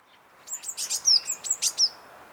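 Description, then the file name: Eurasian blue tit: a quick series of high, thin notes and brief clicks, about a dozen elements in under two seconds. "Cyanistes caeruleus"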